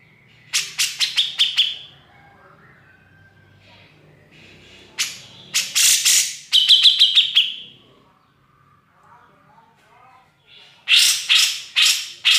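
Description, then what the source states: Grey-cheeked bulbul song: short runs of sharp clicking notes and harsh bursts with quiet gaps between. Song used to tutor other birds.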